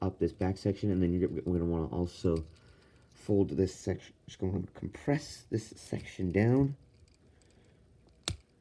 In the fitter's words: until you hear a snap and so you're just going to want to have it looking like that